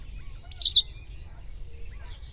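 Bird call: one sharp, high note that rises then tumbles down, followed by quiet low background noise.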